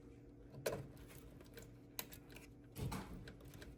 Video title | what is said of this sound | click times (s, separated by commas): Build Your Own Gaming PC! Easy 1440p Build for AAA Games! | All right, that one's locked into place. | 2.0 s